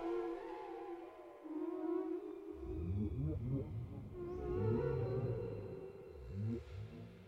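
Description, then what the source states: Whale song: drawn-out moan followed by a run of short rising grunts and low pulses. Whale sounds without music.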